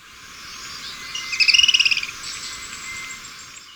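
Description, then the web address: Black-throated tody-tyrant giving a short, fast trill of high pulsed notes that swells then fades. Ecuador. "Birds of Ecuador 3-04 Black-Throated Tody-Tyrant"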